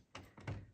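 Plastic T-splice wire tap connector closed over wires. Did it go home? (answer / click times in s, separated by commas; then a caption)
yes / 0.2 s, 0.5 s. A plastic T-splice wire tap connector, folded over pink and black/brown wires, is squeezed shut with pliers until its latch snaps. Sharp clicks are heard at 0.2 s and 0.5 s, with a softer knock at 0.4 s in between. The connector ends up firmly clicked in place.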